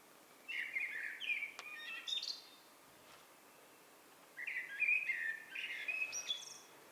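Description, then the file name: Eurasian blackbird singing a warbled fluty phrase with squeaky high ends, a click, a quiet pause, then a second longer melodious phrase. "Turdus merula"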